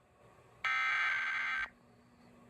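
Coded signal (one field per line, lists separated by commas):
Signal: Emergency Alert System (SAME) tones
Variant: header bursts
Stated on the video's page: Alerts including tornado warnings from Hanford and Salt Lake City weather offices during a cold-front event.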